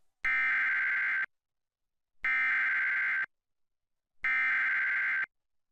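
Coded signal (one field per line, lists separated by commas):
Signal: Emergency Alert System (SAME) tones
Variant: header bursts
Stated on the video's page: EAS severe thunderstorm weather alert aired on a TV station during a TV show.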